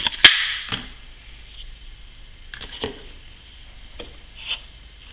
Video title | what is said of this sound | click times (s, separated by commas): DIY - How to replace your Chrysler Pacifica rear blinker | make sure it seats in there good I hear it click and | 0.2 s